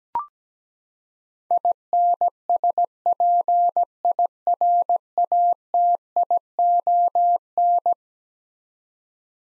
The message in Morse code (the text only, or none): INSPIRATION